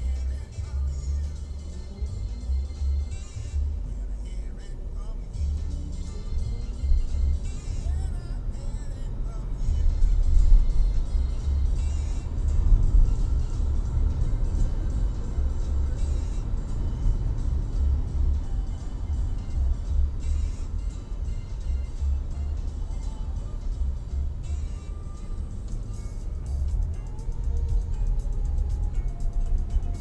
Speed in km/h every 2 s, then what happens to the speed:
0, 4, 14, 23, 29, 34, 39, 41, 36, 29, 22, 19, 19, 19, 19.
1-13 pulls away to 41. 13-21 slows to 19. 21-30 steady at about 19.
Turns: none.